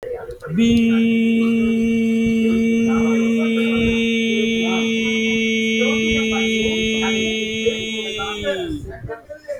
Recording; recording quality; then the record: sustained vowel as in beet; moderate, slight background noise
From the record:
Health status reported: healthy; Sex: male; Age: 23 years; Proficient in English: yes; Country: India